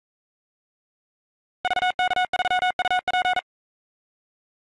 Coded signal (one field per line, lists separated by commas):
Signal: Morse code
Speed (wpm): 42 wpm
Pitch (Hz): 2200 Hz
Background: none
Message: VK3UP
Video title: 15,359 point rufzxp